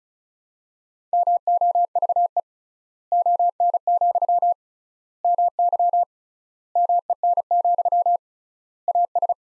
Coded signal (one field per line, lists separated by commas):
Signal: Morse code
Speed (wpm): 36 wpm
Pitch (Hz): 700 Hz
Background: none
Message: MOVE ON, MY MEN, AS